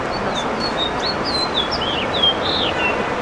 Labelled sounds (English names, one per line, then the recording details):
House Finch song
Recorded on Long Island, New York, on 21 June 2011
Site IT
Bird B